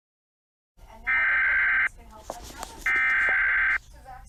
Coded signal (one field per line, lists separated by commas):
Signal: Emergency Alert System (SAME) tones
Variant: header bursts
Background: speech